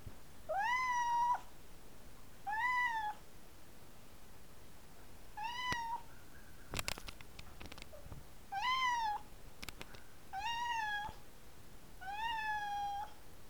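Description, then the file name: Siberian cat meowing six times in short, slightly arched mews, with a few sharp clicks and taps between calls. "Sibirskij Kot - Myaukane"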